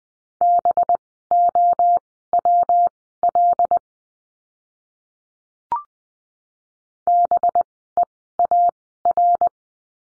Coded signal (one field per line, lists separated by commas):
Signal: Morse code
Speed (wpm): 20 wpm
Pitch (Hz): 700 Hz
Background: none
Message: BOWL BEAR